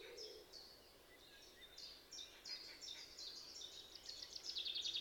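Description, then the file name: Eurasian wren song, a rapid run of high, sharp notes repeated in quick bursts, ending in a fast, bright trill, over a quiet background hiss. "Troglodytes troglodytes"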